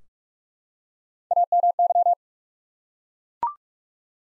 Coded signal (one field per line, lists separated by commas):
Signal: Morse code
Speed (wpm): 42 wpm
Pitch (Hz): 700 Hz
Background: none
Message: AMY